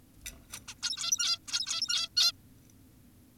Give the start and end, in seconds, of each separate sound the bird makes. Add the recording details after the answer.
0.53-0.60, 0.68-0.75, 0.82-1.39, 1.48-2.09, 2.17-2.32. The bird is an adult. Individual g17y2U